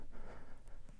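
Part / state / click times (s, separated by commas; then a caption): hip joint piece pins into frame holes of a decoration figure / not seated / none. The spring pins of the hip joint piece of a 6-foot Spooky Village Animated Talking Grim Reaper decoration figure are tried against the frame holes, but they miss on both sides because they are off-center. Only soft breathy, rustling noise is heard, with a faint brief high tick near 0.7 s. Neither pin pops into place, so nothing has seated or clicked yet.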